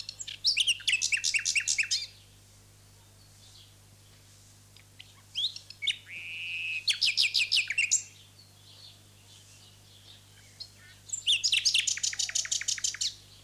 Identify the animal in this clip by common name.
Common Nightingale